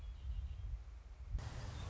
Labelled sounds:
Red-winged Blackbird (Agelaius phoeniceus)
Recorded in Sonoma County, California

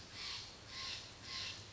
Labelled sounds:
Steller's Jay (Cyanocitta stelleri)
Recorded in Sonoma County, California

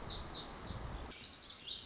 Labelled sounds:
Lazuli Bunting (Passerina amoena)
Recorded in Sonoma County, California

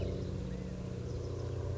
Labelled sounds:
California Quail (Callipepla californica)
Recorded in Sonoma County, California

